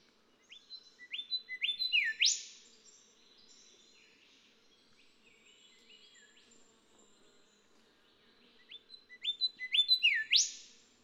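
Golden whistler song: two bursts of rising whistled notes, each ending in a loud whip-like upsweep, with softer notes between them.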